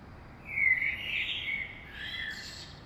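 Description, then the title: Common blackbird song: one mellow, whistled phrase that wavers and ends in a thin, high squeaky flourish, against light background hiss. Saint-Gilles, Belgium; early morning; recorded with DPA 2006c microphones in AB stereo into a Zoom F3. "Saint-Gilles, Belgique - Blackbird - Merle"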